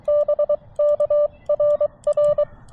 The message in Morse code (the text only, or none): BKRR